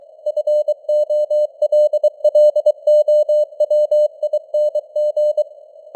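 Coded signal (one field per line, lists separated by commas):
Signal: Morse code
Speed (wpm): 23 wpm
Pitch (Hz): 600 Hz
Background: none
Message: FOLLOWING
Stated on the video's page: Simulated Morse news at 23 WPM with artificial radio noise and varying signal strength (QSB).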